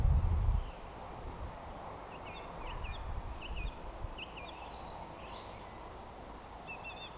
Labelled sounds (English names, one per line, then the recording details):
Eurasian Woodcock whistle
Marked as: whistle, whistle, whistle
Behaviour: display flight
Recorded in Baden-Württemberg, Germany, on 29 June 2020 at 19:50 UTC
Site 43791, 788 m above sea level